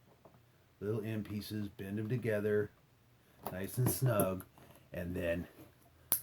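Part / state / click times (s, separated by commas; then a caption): suspender clip clamp closing on its jaw / seated / 6.1 s. Someone talks while bending the little metal end pieces of a suspender clamp together snugly, then closes the suspender clip on its jaw. It snaps shut with a sharp click at 6.1 s, and the clamp is seated tight.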